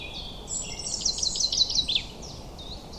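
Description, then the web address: Common chaffinch song: a rapid series of bright, high chirping notes that falls slightly in pitch over about one and a half seconds, over steady low background noise. "cianscape birddata Deverinetal 2025 Bird Only Fr Co"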